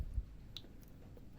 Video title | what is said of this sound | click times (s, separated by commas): AVETA SVR180 PNP Throttle body Y15 Injector RS150 | Oke pastikan juga dia bunyi klik klik dan dia | 0.6 s